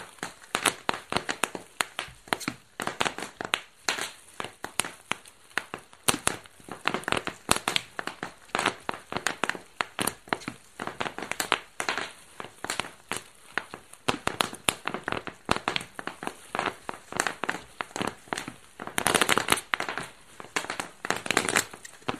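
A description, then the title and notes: Bubble wrap is popped in a rapid, uneven stream of sharp, bright snaps, with crinkling plastic between the bursts. The pops come several per second for the whole stretch, with a brief lull near nineteen seconds. Bubble-wrap pop. Bubble wrap popping at Dorchminster Mansion. Recorded by Dan Bodah, October 2008.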